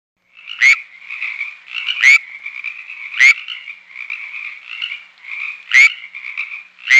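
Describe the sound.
Frog calling, a steady trilling rattle broken by sharp, clicking bursts that come roughly every one to two and a half seconds.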